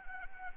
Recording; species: mosquito wingbeat signal from an infrared sensor; Anopheles arabiensis